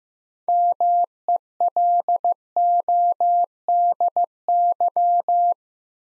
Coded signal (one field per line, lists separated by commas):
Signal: Morse code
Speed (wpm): 15 wpm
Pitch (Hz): 700 Hz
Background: none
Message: MELODY